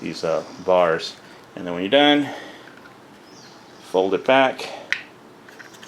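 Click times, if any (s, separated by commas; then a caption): none. Someone talks while handling a plastic karambit quick-draw knife sheath, folding its removable top cover back over the belt bars toward the sheath body. Speech is followed by quiet handling noises and a brief sharp tick near 4.9 s. Nothing has seated or clicked into place yet by the end of the clip.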